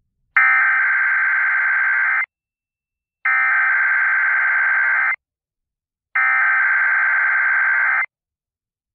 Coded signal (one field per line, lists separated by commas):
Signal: Emergency Alert System (SAME) tones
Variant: header bursts